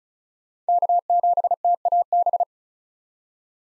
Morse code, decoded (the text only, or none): K7TAB